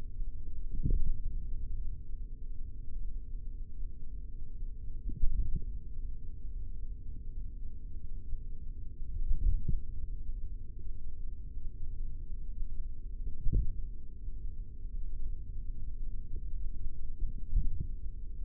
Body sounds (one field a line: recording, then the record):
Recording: forearm muscle sounds (acoustic myography)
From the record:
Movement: tripod grip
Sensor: system 3, bracelet of six PUI Audio POM-2738L microphones around the upper forearm, with dedicated amplification and filtering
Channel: 4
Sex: male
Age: 43 years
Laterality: right